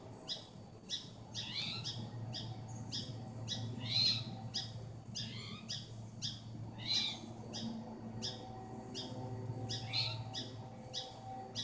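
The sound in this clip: Spotted towhee uttering a steady series of raspy, slurred calls, about two each second, with a few louder notes standing out above a low rumbling background.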